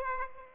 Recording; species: mosquito wingbeat signal from an infrared sensor; Aedes aegypti